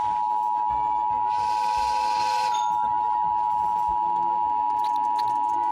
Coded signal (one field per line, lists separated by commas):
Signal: Emergency Alert System (SAME) tones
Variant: 853 and 960 Hz attention tone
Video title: EAS Severe Thunderstorm Warning during The Simpsons Intro